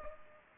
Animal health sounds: mosquito wingbeat signal from an infrared sensor; Culex pipiens

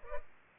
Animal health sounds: mosquito wingbeat signal from an infrared sensor; Culex pipiens

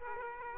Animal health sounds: mosquito wingbeat signal from an infrared sensor; Aedes aegypti

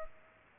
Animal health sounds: mosquito wingbeat signal from an infrared sensor; Culex pipiens

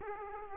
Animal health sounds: mosquito wingbeat signal from an infrared sensor; Aedes aegypti

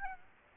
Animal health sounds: mosquito wingbeat signal from an infrared sensor; Aedes aegypti

